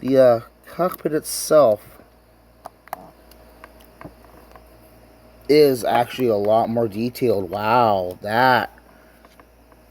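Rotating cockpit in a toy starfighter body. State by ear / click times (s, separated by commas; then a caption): seated / 2.7 s, 2.9 s. Someone talks while the rotating plastic cockpit of a Star Wars Micro Galaxy Squadron B-Wing toy starfighter is turned in its body. Sharp clicks at 2.7 s and 2.9 s mark it locking into detent positions, and the cockpit seats in place.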